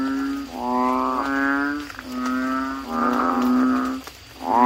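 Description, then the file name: Frog giving long, reedy croaks that run nearly into one another, four or five notes in all. "suara kodok bangkong"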